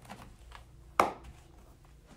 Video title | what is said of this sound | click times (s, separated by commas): Chicken Plucker Small (Assembly - Hatching Time) Cimuka | just pop it through you'll hear a little click and that means it's tight and secure and snug | 1.0 s